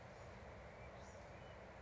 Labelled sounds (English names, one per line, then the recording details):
Bewick's Wren
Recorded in Sonoma County, California